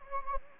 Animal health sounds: mosquito wingbeat signal from an infrared sensor; Anopheles gambiae

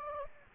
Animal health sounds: mosquito wingbeat signal from an infrared sensor; Anopheles gambiae

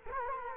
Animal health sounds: mosquito wingbeat signal from an infrared sensor; Culex quinquefasciatus

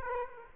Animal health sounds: mosquito wingbeat signal from an infrared sensor; Aedes aegypti

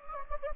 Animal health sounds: mosquito wingbeat signal from an infrared sensor; Anopheles gambiae

